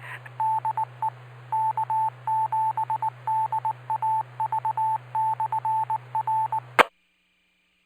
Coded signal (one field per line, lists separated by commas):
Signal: Morse code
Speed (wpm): 19 wpm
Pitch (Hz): 880 Hz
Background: radio noise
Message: DE K7DAV/R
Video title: DCARC On-the-Air Feb 16 2021 - Ham Shack